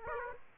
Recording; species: mosquito wingbeat signal from an infrared sensor; Aedes aegypti